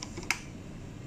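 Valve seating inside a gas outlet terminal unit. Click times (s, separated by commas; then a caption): 0.3 s. While a pressurized Draeger medical gas outlet terminal unit is reassembled and its housing tightened evenly, a few faint ticks are followed by a sharp click at 0.3 s. The click is the inner valve seating in place, with low background noise continuing after it.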